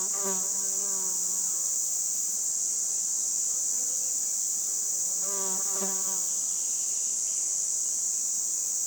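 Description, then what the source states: Red cicada giving a steady, intense high buzz throughout. 22 June 2020, 11:10, roadside between Luc and Châtillon-en-Diois, France, end of spring; a hesitant start is typical of its song, which then builds to powerful cymbalisation; Nagra LB, MKH20 omni.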